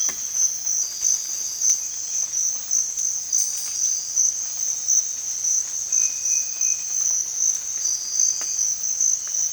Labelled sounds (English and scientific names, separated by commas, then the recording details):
none
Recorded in dense forest near Puerto Asís, Putumayo, Colombia, on 20 December 2024 at 05:00
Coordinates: 0.468, -76.322
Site G071